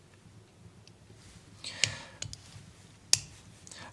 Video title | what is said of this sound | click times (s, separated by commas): Leading Edge Technology: LionSteel TiSpine | the lock bar snaps into place with authority | 3.1 s